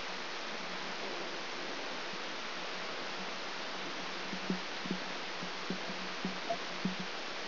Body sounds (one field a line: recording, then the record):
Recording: brain microelectrode recording played as sound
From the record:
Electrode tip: outside the subthalamic nucleus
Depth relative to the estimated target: -4 mm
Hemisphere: right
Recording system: AlphaMap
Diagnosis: Parkinson's disease